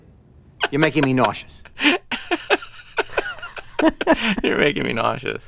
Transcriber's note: laughter